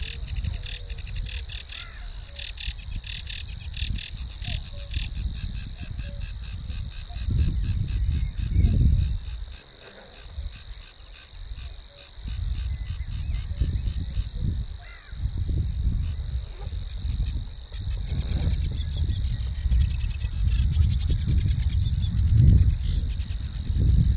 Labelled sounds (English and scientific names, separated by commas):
Sedge Warbler (Acrocephalus schoenobaenus) song